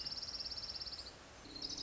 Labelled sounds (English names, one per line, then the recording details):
Orange-crowned Warbler
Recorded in Sonoma County, California